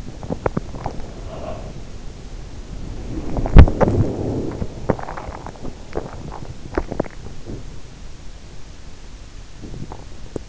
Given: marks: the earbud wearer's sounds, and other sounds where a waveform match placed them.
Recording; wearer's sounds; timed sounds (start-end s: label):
sounds in sleep by an in-ear microphone; body movement
0.00-7.69 s: body movement
9.64-10.48 s: body movement